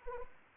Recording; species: mosquito wingbeat signal from an infrared sensor; Anopheles arabiensis